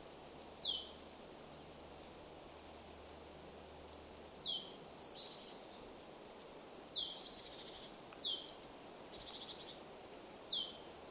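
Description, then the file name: Marsh tit calling: sharp, high notes sweeping steeply downward at uneven intervals, with a few softer buzzy notes between, over a quiet background hiss. "Poecile palustris"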